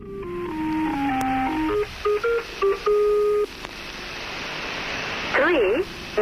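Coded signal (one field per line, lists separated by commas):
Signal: numbers station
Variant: Lincolnshire Poacher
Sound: electronic tune of stepped tones over static, then a short warbling tone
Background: radio static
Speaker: Après que le "Poacher" eut été joué, une voix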